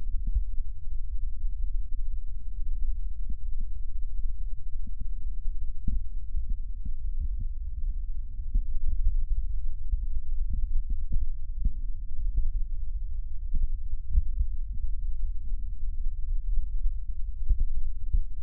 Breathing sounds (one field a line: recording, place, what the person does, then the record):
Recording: lung sounds by stethoscope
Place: right posterior basal chest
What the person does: quiet breathing, then deep breathing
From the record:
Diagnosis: interstitial lung disease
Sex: female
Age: 74 years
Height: 150 cm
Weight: 69.8 kg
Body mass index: 31.0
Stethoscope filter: bell mode